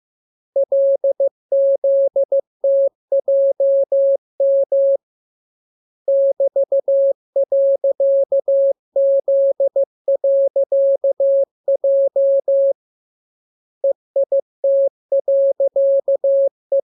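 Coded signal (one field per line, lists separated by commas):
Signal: Morse code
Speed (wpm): 15 wpm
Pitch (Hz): 550 Hz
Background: none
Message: LZTJM <BT>.Z.J EIT.E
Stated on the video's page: Morse lesson 16 drill of letters KMURESNAPTLWI.JZ=, radiograms preceded by VVV and section sign, ended with AR.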